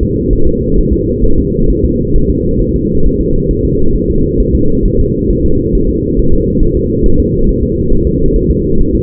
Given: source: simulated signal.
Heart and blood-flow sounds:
fetal heart sounds
0.03 s: S2
0.33 s: S1
0.47 s: S2
0.78 s: S1
0.93 s: S2
1.24 s: S1
1.38 s: S2
1.70 s: S1
1.84 s: S2
2.16 s: S1
2.30 s: S2
2.62 s: S1
2.76 s: S2
3.06 s: S1
3.21 s: S2
3.51 s: S1
3.65 s: S2
3.96 s: S1
4.10 s: S2
4.40 s: S1
4.55 s: S2
4.85 s: S1
5.00 s: S2
5.31 s: S1
5.45 s: S2
5.75 s: S1
5.89 s: S2
6.19 s: S1
6.34 s: S2
6.63 s: S1
6.77 s: S2
7.06 s: S1
7.20 s: S2
7.49 s: S1
7.63 s: S2
7.93 s: S1
8.07 s: S2
8.36 s: S1
8.51 s: S2
8.81 s: S1
8.95 s: S2
From the record:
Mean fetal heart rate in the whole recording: 135 bpm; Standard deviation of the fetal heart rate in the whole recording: 3 bpm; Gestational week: 36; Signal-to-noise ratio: -17.7 dB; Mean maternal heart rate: 72 bpm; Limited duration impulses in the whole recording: present

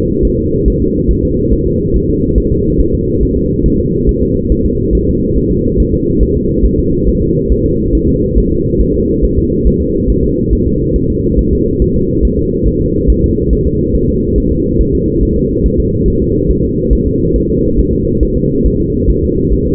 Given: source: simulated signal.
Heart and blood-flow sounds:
fetal heart sounds
0.25 s: S1
0.39 s: S2
0.68 s: S1
0.82 s: S2
1.11 s: S1
1.25 s: S2
1.53 s: S1
1.67 s: S2
1.96 s: S1
2.10 s: S2
2.38 s: S1
2.52 s: S2
2.80 s: S1
2.94 s: S2
3.23 s: S1
3.37 s: S2
3.66 s: S1
3.80 s: S2
4.09 s: S1
4.23 s: S2
4.52 s: S1
4.66 s: S2
4.95 s: S1
5.09 s: S2
5.38 s: S1
5.52 s: S2
5.80 s: S1
5.94 s: S2
6.23 s: S1
6.37 s: S2
6.65 s: S1
6.79 s: S2
7.08 s: S1
7.22 s: S2
7.52 s: S1
7.66 s: S2
7.95 s: S1
8.09 s: S2
8.38 s: S1
8.52 s: S2
8.81 s: S1
8.96 s: S2
9.25 s: S1
9.39 s: S2
9.67 s: S1
9.81 s: S2
10.10 s: S1
10.24 s: S2
10.53 s: S1
10.67 s: S2
10.96 s: S1
11.10 s: S2
11.39 s: S1
11.53 s: S2
11.82 s: S1
11.96 s: S2
12.25 s: S1
12.39 s: S2
12.68 s: S1
12.82 s: S2
13.10 s: S1
13.24 s: S2
13.53 s: S1
13.67 s: S2
13.95 s: S1
14.09 s: S2
14.38 s: S1
14.52 s: S2
14.81 s: S1
14.95 s: S2
15.23 s: S1
15.37 s: S2
15.66 s: S1
15.80 s: S2
16.08 s: S1
16.22 s: S2
16.51 s: S1
16.65 s: S2
16.93 s: S1
17.07 s: S2
17.36 s: S1
17.50 s: S2
17.79 s: S1
17.93 s: S2
18.23 s: S1
18.37 s: S2
18.66 s: S1
18.80 s: S2
19.10 s: S1
19.24 s: S2
19.53 s: S1
19.67 s: S2
From the record:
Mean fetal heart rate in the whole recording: 140 bpm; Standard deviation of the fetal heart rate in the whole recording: 2 bpm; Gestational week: 34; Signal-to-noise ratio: -10.2 dB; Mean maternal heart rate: 72 bpm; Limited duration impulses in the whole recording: present

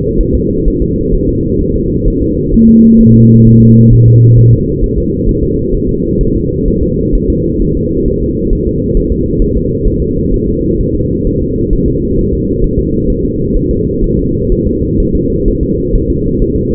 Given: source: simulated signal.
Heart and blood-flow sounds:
fetal heart sounds
0.21 s: S1
0.35 s: S2
0.68 s: S1
0.82 s: S2
1.14 s: S1
1.29 s: S2
1.61 s: S1
1.76 s: S2
2.08 s: S1
2.22 s: S2
2.54 s: S1
2.69 s: S2
3.01 s: S1
3.15 s: S2
3.47 s: S1
3.62 s: S2
3.93 s: S1
4.08 s: S2
4.38 s: S1
4.53 s: S2
4.84 s: S1
4.98 s: S2
5.29 s: S1
5.43 s: S2
5.74 s: S1
5.89 s: S2
6.21 s: S1
6.35 s: S2
6.68 s: S1
6.83 s: S2
7.15 s: S1
7.30 s: S2
7.62 s: S1
7.77 s: S2
8.08 s: S1
8.23 s: S2
8.53 s: S1
8.67 s: S2
8.97 s: S1
9.12 s: S2
9.42 s: S1
9.57 s: S2
9.88 s: S1
10.02 s: S2
10.34 s: S1
10.49 s: S2
10.81 s: S1
10.95 s: S2
11.27 s: S1
11.42 s: S2
11.73 s: S1
11.88 s: S2
12.19 s: S1
12.33 s: S2
12.64 s: S1
12.79 s: S2
13.10 s: S1
13.25 s: S2
13.56 s: S1
13.71 s: S2
14.04 s: S1
14.19 s: S2
14.52 s: S1
14.67 s: S2
15.00 s: S1
15.15 s: S2
15.48 s: S1
15.63 s: S2
15.95 s: S1
16.10 s: S2
16.42 s: S1
16.56 s: S2
From the record:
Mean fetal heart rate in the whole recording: 130 bpm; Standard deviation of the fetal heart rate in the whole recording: 4 bpm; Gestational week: 38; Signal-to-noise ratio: -14.7 dB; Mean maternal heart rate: 72 bpm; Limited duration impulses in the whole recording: present

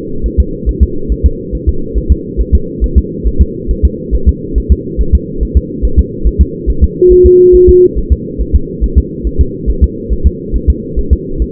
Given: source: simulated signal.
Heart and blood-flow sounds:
fetal heart sounds
0.26 s: S1
0.40 s: S2
0.69 s: S1
0.83 s: S2
1.12 s: S1
1.26 s: S2
1.55 s: S1
1.69 s: S2
1.97 s: S1
2.12 s: S2
2.41 s: S1
2.55 s: S2
2.84 s: S1
2.98 s: S2
3.27 s: S1
3.42 s: S2
3.71 s: S1
3.85 s: S2
4.15 s: S1
4.29 s: S2
4.58 s: S1
4.72 s: S2
5.01 s: S1
5.15 s: S2
5.43 s: S1
5.57 s: S2
5.85 s: S1
5.99 s: S2
6.27 s: S1
6.41 s: S2
6.70 s: S1
6.84 s: S2
7.12 s: S1
7.26 s: S2
7.55 s: S1
7.69 s: S2
7.98 s: S1
8.12 s: S2
8.41 s: S1
8.55 s: S2
8.84 s: S1
8.98 s: S2
9.27 s: S1
9.41 s: S2
9.70 s: S1
9.84 s: S2
10.13 s: S1
10.27 s: S2
10.56 s: S1
10.70 s: S2
10.99 s: S1
11.13 s: S2
11.42 s: S1
From the record:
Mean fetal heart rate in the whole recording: 140 bpm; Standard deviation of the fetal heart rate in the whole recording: 2 bpm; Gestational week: 34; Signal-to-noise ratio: -8.1 dB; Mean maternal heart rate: 72 bpm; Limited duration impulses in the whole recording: present

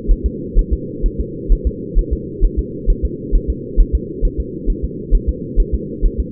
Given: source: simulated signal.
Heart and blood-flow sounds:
fetal heart sounds
0.11 s: S1
0.26 s: S2
0.59 s: S1
0.73 s: S2
1.06 s: S1
1.20 s: S2
1.52 s: S1
1.67 s: S2
1.99 s: S1
2.13 s: S2
2.45 s: S1
2.59 s: S2
2.90 s: S1
3.05 s: S2
3.35 s: S1
3.50 s: S2
3.80 s: S1
3.95 s: S2
4.25 s: S1
4.40 s: S2
4.70 s: S1
4.84 s: S2
5.15 s: S1
5.29 s: S2
5.60 s: S1
5.74 s: S2
6.06 s: S1
6.20 s: S2
From the record:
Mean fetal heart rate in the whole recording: 130 bpm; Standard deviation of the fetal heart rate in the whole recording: 2 bpm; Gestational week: 38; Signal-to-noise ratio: -4.1 dB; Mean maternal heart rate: no maternal heart sound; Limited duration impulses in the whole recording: absent

